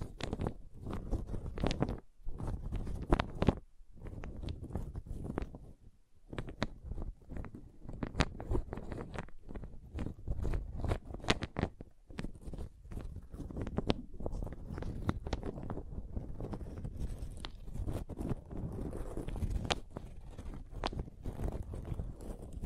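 Wooden objects are knocked and tapped in a dense, irregular run of sharp clicks and clacks that goes on for the whole clip. The low rumble and knocking stay busy throughout, with brief pauses near two and six seconds.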